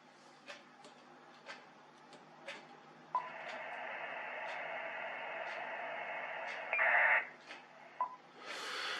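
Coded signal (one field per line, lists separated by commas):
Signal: ACARS aircraft data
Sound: a few soft clicks, then about four seconds of harsh buzzing data hiss ending abruptly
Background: periodic clicks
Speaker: Okay, so let's just play another transmission.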